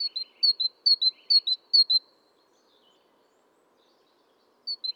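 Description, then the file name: Great tit calling a quick series of paired high and lower notes with low buzzy chatter, then silence, and one last pair near the end. "Parus major"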